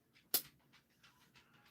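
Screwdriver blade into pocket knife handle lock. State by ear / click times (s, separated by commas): seated / 0.3 s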